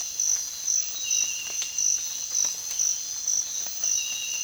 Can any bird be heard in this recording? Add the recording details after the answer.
no. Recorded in dense forest near Puerto Asís, Putumayo, Colombia, on 25 June 2025 at 05:00. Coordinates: 0.466, -76.327. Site GP04